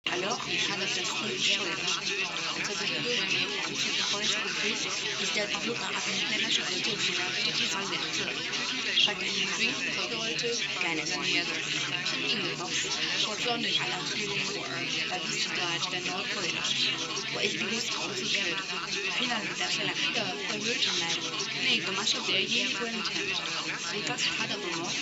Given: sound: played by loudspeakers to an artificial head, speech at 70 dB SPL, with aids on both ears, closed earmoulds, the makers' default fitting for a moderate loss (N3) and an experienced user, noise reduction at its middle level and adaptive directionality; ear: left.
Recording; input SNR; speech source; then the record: speech test signal (ISTS) in cocktail-party noise; -3 dB; in front (0 degrees)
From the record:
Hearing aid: class 1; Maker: A